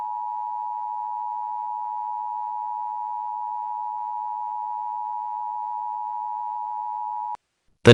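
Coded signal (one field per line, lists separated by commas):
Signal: Emergency Alert System (SAME) tones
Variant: 853 and 960 Hz attention tone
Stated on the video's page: Mock EAS tornado alert.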